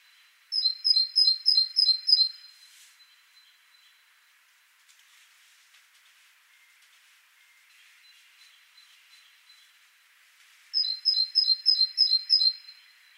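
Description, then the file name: Great tit song: a run of about six high two-note 'tea-cher' pairs, a long quiet gap with faint chirps, then another similar run near the end. "Parus major"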